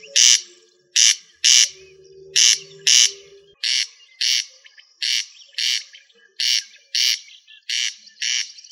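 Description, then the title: Rail calls: loud, rasping notes delivered in pairs and triplets, repeated steadily. A faint low tonal sound comes early on. "LuckyFamilia RallidaeFrangoSama"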